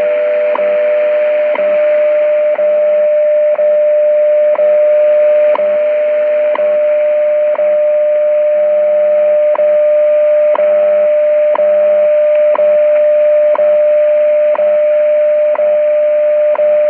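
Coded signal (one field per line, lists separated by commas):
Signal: radio time signal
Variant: WWV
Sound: steady mid-pitched tone with a short click once every second, over radio hiss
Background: radio static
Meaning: Each tick marks one second; the steady tone is the station's hourly audio tone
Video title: Shortwave Radio: WWV - Time Signal Station - 5000khz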